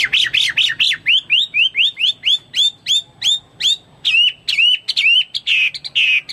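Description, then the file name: Chinese hwamei singing rapid rising whistles repeated about twice a second, ending in a few rough, harsh notes. "omkicau hwamei"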